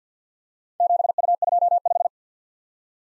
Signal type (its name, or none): Morse code